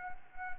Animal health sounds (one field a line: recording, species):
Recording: mosquito wingbeat signal from an infrared sensor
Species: Anopheles arabiensis